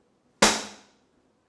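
A metal retaining clip, already started by hand, is driven down the inside of a motorcycle fork slider with a length of PVC pipe. A single sharp, bright click at 0.4 s rings out and decays within about half a second, possibly overlapping a strike on the pipe. The clip snaps into its groove and is seated.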